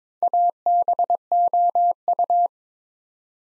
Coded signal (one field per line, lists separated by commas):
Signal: Morse code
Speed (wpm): 22 wpm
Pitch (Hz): 700 Hz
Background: none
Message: ABOU